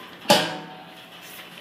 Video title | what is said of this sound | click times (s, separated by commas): How to Install a screen on an ABW Filter | there's the pop that means that the screen is all the way in | 0.3 s